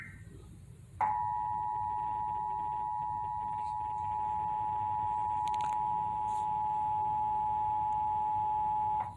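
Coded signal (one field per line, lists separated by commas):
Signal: Emergency Alert System (SAME) tones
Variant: 853 and 960 Hz attention tone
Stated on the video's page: Required Monthly Test SAME tones for Indiana, received via a Comcast cable system.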